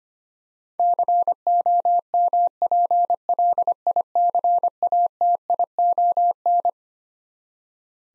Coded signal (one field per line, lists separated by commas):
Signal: Morse code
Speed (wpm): 25 wpm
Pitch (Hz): 700 Hz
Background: none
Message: COMPLICATION